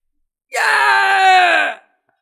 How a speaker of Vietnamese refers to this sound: Ngô Thái đau đớn hét thảm